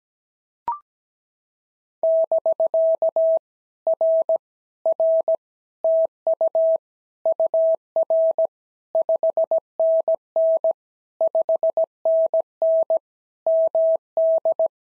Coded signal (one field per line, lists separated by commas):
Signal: Morse code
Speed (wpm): 17 wpm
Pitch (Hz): 650 Hz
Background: none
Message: <BK> R R TU UR 5NN 5NN MD